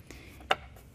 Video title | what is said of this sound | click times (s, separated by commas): Origin Gen2 Skid Pad | sure everything clicks back into place | 0.5 s